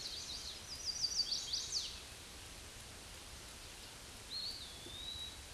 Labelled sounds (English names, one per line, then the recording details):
Chestnut-sided Warbler song
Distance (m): 35 m
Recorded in a Pennsylvania forest on 18 May 2023 at 06:21
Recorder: AudioMoth, point grid1_41_low
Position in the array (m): 120 m, 209 m